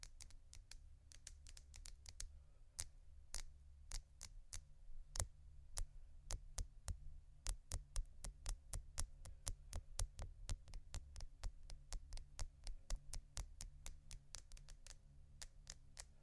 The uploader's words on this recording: ASMR Prisms, Crystals, Diamonds', Quartz (No Talking).